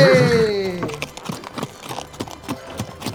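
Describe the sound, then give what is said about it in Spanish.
Horse hooves pound in a quick, steady galloping rhythm of sharp, repeated thuds, following a brief voiced cry of "¡Arre!" at the very start, as horses are ridden on a long ride through the hills of Viluco. “llegaron a la casa luego de una larga cabalgata por los cerros de Viluco.”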